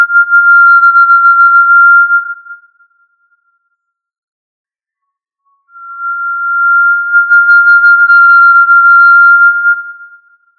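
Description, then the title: Tinamou whistles: two long, steady, pure-toned notes separated by a few seconds of silence. "Familia Tinamidae - Quail - Puyuh"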